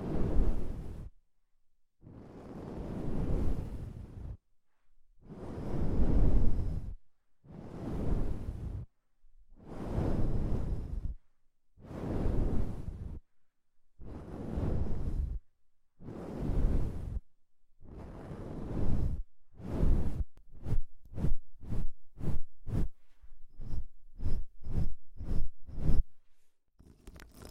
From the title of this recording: ASMR Deep Ear Cleaning